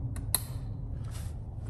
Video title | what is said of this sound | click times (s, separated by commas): 2006 Mustang 4.0 V6 Ignition Coil Change DIY | Listen for the little snap, give them a little tug, make sure they're on there. | 0.3 s